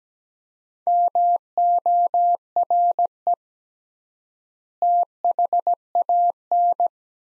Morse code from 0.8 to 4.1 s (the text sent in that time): MORE